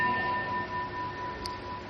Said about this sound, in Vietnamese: Phật tử có thấy cái chuông này không? Nghe cái tiếng chuông không?